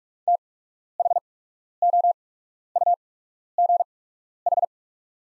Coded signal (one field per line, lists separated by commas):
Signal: Morse code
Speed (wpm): 44 wpm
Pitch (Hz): 700 Hz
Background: none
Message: THOUGH